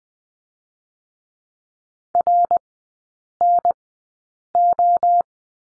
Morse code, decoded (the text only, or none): RNO